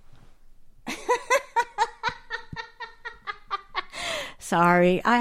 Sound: laughs

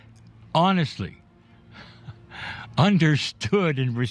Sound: laughs

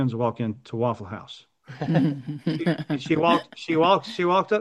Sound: laughs

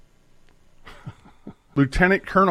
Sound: laughs

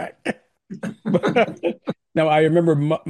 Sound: laughs

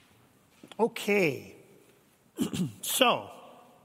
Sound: clears throat

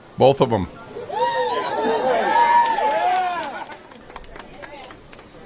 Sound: cheering

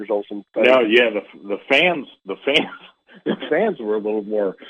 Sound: laughs

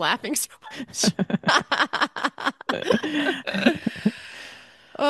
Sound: laughs

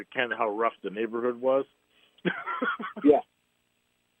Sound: laughs

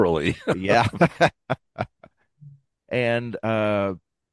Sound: laughs

